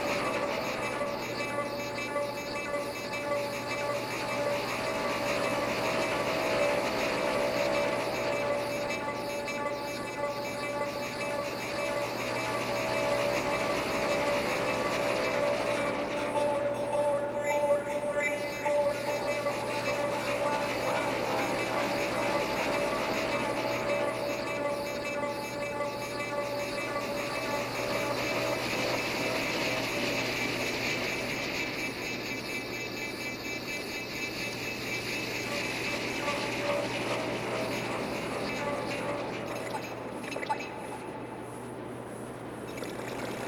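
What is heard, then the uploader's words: Strange noises form a dense, unbroken wash with a steady low hum underneath and a thin whining tone riding through the middle, like machinery or a train. The texture shimmers and thins briefly around 17, 33 and 41 seconds. More strange noises from my Eurorack modular synthesizer.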